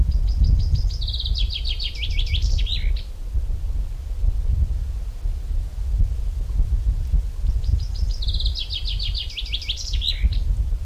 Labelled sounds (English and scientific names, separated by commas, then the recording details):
Common Chaffinch (Fringilla coelebs) song
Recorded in the wild
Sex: male
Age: adult
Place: Töplitz, Brandenburg, DE
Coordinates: 52.4333, 12.9
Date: 1996-06-15 16:34
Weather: cloudy, 16°C, wind
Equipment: Sony MD-WM MZ-R3, Sennheiser MKH 416 T, Kopie Uher 4000 Report Monitor
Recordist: Tembrock, Günter
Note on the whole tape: Straße nach Neutöplitz: Gesang